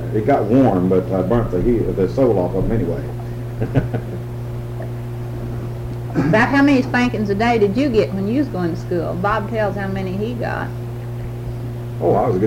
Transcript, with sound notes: It got warmed, but I burned the heel--the sole off of 'em, anyway. (laughs)
About how many spankings a day did you get when you was going to school? tells how many he got.
Oh, I was a good boy.